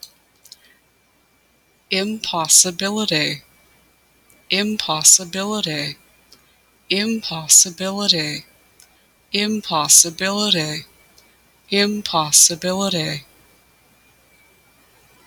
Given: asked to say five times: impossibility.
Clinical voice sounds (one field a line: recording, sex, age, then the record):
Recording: repeated word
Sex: female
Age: 30 to 39 years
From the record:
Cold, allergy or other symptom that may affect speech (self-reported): no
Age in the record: 30 years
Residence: Minnesota, United States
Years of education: 17